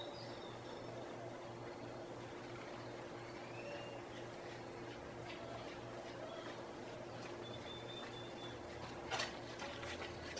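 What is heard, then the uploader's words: Early morning on a balcony above a narrow village walkway: a steady mechanical hum underlies scattered birdsong, with one sharp knock near the end. Sounds from the Narrowest Main Street in the World. Early morning on the balcony overlooking what’s recognized to be the narrowest main street in the world – the Placencia Sidewalk in Belize.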